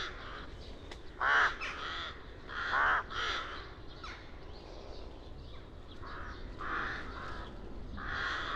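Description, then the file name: Rook calling with repeated harsh caws, two louder ones early, then fainter caws continuing against a steady background hiss. "Rook - Corvus frugilegus KOVAS"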